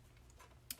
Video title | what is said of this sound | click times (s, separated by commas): Gather Together Fun Fold Card - LIVE | how's the arm it just pops right in really | 0.7 s